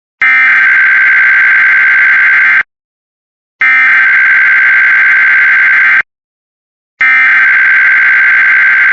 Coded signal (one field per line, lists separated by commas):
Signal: Emergency Alert System (SAME) tones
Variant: header bursts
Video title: Silver￼ alert 🚨(EAS 27)